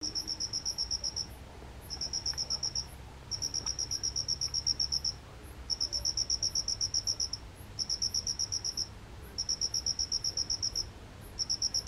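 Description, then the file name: Mitsukado cricket chirping in high, rapidly pulsed trains, each lasting one to two seconds and separated by brief pauses, repeating steadily over faint low background rumble. Recorded on 1 August 2023. "20230801 ミツカドコオロギ"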